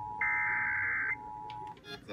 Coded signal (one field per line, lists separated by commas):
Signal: Emergency Alert System (SAME) tones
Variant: header bursts